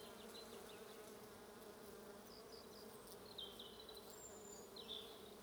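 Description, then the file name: Bees give a continuous low hum throughout. "buzzing bees"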